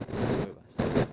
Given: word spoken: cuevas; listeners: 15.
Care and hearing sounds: one Spanish word in noise, from a listening test; noise modulated by one talker; -12.6 dB; 1 of 15; 11 of 15; 0.74 s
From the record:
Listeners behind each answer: 11, 2, 1, 1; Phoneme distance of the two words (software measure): 17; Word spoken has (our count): 2 syllables, 6 phonemes, stress on syllable 1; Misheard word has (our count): 2 syllables, 7 phonemes, stress on syllable 1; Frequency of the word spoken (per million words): 13.83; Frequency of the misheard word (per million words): 75.39

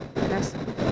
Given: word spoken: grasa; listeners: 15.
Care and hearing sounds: one Spanish word in noise, from a listening test; noise modulated by three-talker babble; -5.3 dB; 0 of 15; 13 of 15; 0.52 s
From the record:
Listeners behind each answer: 13, 1, 1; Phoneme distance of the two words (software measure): 17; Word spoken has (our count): 2 syllables, 5 phonemes, stress on syllable 1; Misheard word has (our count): 2 syllables, 4 phonemes, stress on syllable 1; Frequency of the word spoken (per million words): 25.01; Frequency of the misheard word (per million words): 557.58

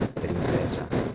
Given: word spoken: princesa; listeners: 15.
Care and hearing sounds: one Spanish word in noise, from a listening test; noise modulated by three-talker babble; -6.1 dB; 4 of 15; 8 of 15; 0.75 s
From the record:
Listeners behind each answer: 8, 4, 3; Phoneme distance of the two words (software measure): 35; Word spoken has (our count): 3 syllables, 8 phonemes, stress on syllable 2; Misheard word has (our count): 3 syllables, 7 phonemes, stress on syllable 2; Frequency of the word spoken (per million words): 17.39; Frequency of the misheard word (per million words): 218.28

